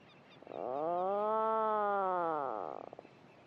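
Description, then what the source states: Atlantic Puffin burrow call: one deep, drawn-out, rich harmonic drone lasting about two and a half seconds, arching slightly in pitch, then fading with a rough rattling tail. Birds inside a burrow on Skellig Michael call and answer each other from below the surface with a deep, rolling, motorbike-like drone, then listen for a reply from their neighbour.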